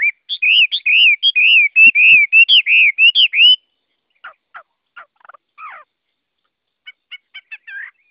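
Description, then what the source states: Chinese hwamei song opening with a fast run of looping whistled notes, followed by scattered sharp downslurred chips and short trills. Song in the forest-voice style (giọng rừng).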